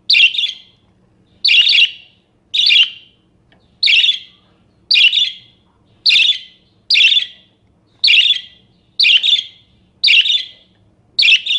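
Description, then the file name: Parakeet calling: a rapid series of strident, scratchy chirps nearly every second. "suara-burung-parkit -omkicau"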